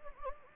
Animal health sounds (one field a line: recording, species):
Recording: mosquito wingbeat signal from an infrared sensor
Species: Anopheles gambiae